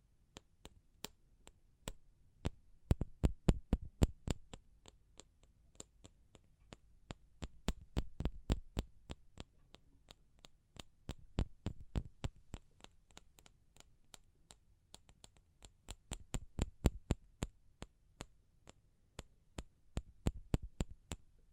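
Sharp fingertip tapping comes in bursts, fast runs then slower pauses, crisp clicks over a soft low hum throughout.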